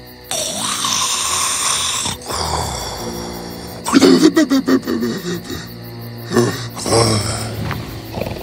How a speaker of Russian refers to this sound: И тут он увидел зверя, который крепко спал. На него было очень страшно смотреть, и он храпел так громко, что все вещи в пещере тряслись и дрожали.